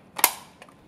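The plastic front cover of an ADX manual soap dispenser is closed onto the dispenser housing. A short lead-in noise at 0.2 s builds into one loud, sharp latching snap at 0.2 s, followed by two faint ticks at 0.6 and 0.7 s. The cover snaps shut and is latched.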